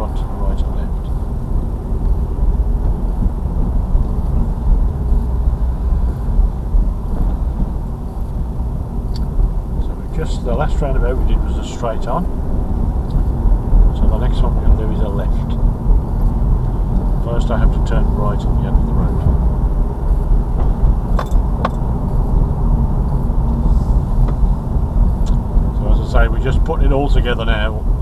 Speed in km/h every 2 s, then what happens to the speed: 19, 24, 24, 23, 21, 21, 29, 31, 34, 35, 37, 37, 34, 29.
0-10 steady at about 21. 10-19 speeds up to 37. 19-28 slows to 29.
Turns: 5-10.